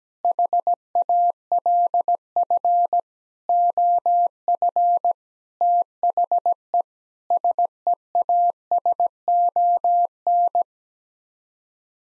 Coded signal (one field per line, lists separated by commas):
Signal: Morse code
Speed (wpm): 17 wpm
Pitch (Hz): 700 Hz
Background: none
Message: HALF OF THE SEASON